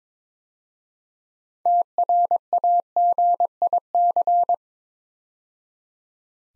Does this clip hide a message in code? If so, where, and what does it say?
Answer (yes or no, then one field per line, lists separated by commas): yes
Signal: Morse code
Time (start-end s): 1.7-4.5 s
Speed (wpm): 22 wpm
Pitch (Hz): 700 Hz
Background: none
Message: TRAGIC